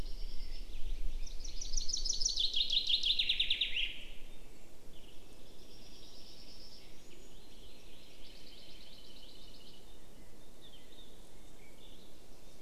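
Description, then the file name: Common chaffinch song, a cascading series of fast chipping notes dropping in pitch to a brisk final flourish, then softer phrases amid a continuous low background hum. "Fringilla coelebs"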